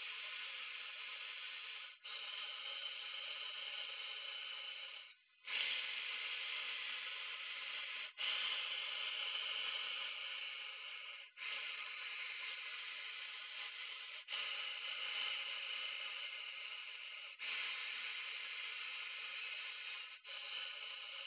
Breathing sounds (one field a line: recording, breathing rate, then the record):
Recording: paced breathing near a phone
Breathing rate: 10 breaths a minute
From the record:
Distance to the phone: 20 cm